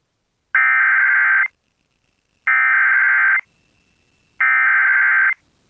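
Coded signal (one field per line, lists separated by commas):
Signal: Emergency Alert System (SAME) tones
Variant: header bursts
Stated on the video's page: Flash Flood Warnings from a weather service office relayed by FM stations; one recorded from a station's website live stream, the other via the TuneIn app on a Roku to a Zoom H1 recorder.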